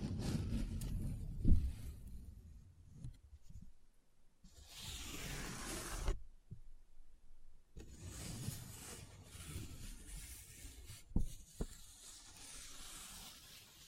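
Close-up paper handling: rubbing and scratching with crisp, hissy rustles that swell and fade, plus soft low thumps early on. A sharp crinkle or tap lands near 1.5 seconds, another near 11 seconds, and brief silent gaps around 4 and 6–8 seconds.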